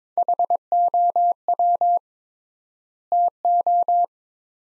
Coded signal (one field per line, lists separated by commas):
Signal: Morse code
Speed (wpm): 22 wpm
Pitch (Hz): 700 Hz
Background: none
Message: HOW TO